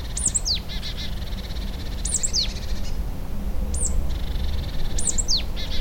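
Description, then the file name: Marsh tit calling: several short groups of thin, high, downslurred notes, with a constant low rumble underneath. "Poecile palustris"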